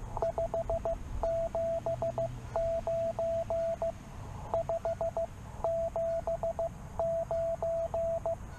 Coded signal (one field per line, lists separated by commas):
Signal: Morse code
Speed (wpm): 16 wpm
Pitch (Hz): 690 Hz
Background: radio noise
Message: 579 579